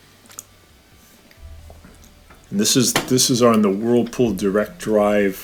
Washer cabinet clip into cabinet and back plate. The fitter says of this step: we're gonna push it down into the cabinet until it clicks and that's holding the whole thing together and